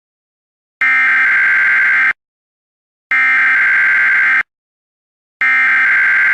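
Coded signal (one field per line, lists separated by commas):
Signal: Emergency Alert System (SAME) tones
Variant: header bursts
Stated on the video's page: Fictional EAS parody alert, re-upload of an older creation.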